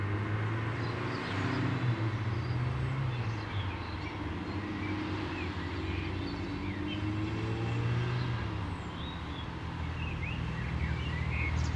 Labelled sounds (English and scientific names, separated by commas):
Great Tit (Parus major) song